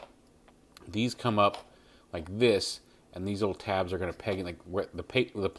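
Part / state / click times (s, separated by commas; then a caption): plastic plate on a transforming robot toy / released / 0.8 s. A plastic plate is popped off a transforming dinosaur robot toy during conversion. It comes free with a sharp snap at 0.8 s, after a fainter tick at 0.5 s. Someone talks through the rest of the clip.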